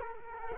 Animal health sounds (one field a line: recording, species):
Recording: mosquito wingbeat signal from an infrared sensor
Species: Culex quinquefasciatus